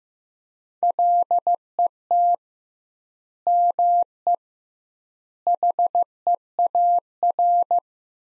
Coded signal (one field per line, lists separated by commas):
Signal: Morse code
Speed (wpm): 15 wpm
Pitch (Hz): 700 Hz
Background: none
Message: LET ME HEAR